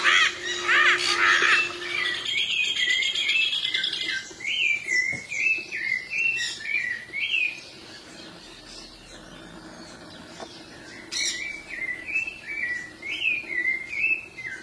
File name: canto da maracana de colar